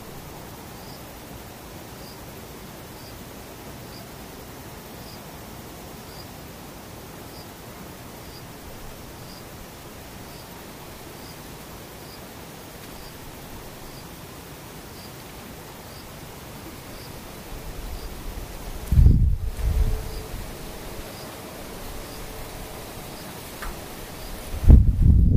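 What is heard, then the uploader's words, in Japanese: A nearly silent outdoor hush with faint, regular high insect chirps about once a second, then two dull low bumps near 19 and 25 seconds. ほぼ無音 後半ムシ。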